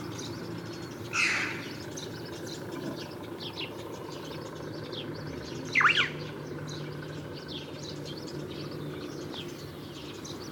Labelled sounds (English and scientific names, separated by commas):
Red-billed Chough (Pyrrhocorax pyrrhocorax) call